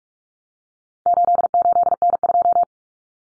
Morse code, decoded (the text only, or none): 88N2